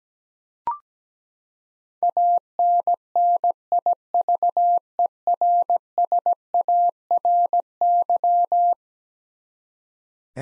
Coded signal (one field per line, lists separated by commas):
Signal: Morse code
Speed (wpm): 17 wpm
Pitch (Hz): 700 Hz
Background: none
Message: ANNIVERSARY